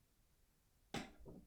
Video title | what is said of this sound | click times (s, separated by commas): FRIDAY NITE WIT DA CUZZZZ..TESTING MY EQUIPMENT | you can hear and snap into place alright | 0.9 s